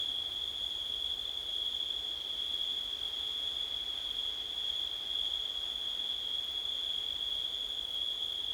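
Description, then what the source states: A steady, shrill cricket drone runs through the whole stretch, never varying, with soft hiss behind it. September night, with wind.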